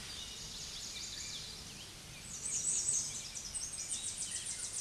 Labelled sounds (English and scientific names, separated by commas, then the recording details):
American Redstart (Setophaga ruticilla) song
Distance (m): 20 m
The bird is about 10 m above the microphone
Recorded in a Pennsylvania forest on 16 May 2024 at 07:04
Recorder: AudioMoth, point MSD-0019
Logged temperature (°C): 16.7 °C
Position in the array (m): 48 m, 233 m